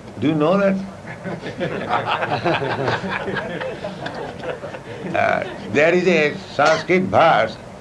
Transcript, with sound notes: Do you know that? [laughter] There is a Sanskrit verse